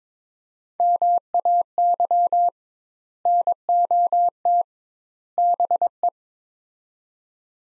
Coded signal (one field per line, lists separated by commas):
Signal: Morse code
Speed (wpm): 21 wpm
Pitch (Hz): 700 Hz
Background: none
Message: MAY NOT BE